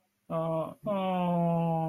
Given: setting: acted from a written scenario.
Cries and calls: vocal sound without words; sympathy

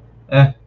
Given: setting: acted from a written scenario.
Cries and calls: vocal sound without words; neutral

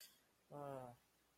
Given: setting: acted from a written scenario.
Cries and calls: vocal sound without words; disappointment

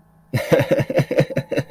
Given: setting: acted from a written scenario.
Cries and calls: vocal sound without words; amusement

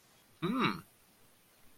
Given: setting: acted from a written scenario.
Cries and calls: vocal sound without words; interest

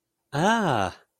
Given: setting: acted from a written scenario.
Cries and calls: vocal sound without words; positive surprise

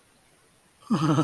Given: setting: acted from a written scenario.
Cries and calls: vocal sound without words; adoration

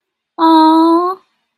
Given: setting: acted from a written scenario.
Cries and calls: vocal sound without words; adoration

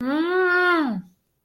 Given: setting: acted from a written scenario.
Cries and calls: vocal sound without words; disgust

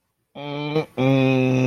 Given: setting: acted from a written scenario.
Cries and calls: vocal sound without words; disappointment

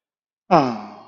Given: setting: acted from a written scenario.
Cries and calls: vocal sound without words; romantic love

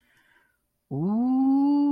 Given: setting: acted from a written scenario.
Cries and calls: vocal sound without words; awe

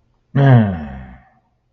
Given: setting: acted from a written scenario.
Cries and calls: vocal sound without words; disgust

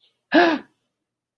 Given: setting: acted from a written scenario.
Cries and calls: vocal sound without words; fear

